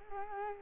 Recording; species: mosquito wingbeat signal from an infrared sensor; Culex quinquefasciatus